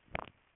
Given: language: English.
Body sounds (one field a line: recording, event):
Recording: throat vibration sensor signal played as sound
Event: swallow